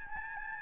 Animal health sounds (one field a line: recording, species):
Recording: mosquito wingbeat signal from an infrared sensor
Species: Aedes albopictus